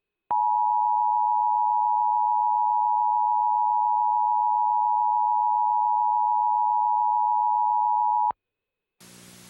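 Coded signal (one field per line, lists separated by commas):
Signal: Emergency Alert System (SAME) tones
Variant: 853 and 960 Hz attention tone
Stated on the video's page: Hypothetical what-if SAME alert for a tsunami warning for Hawaii, made with macros.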